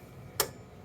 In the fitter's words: you hear a little click sound like that and that one's tightened if you need to tighten it more you can pull up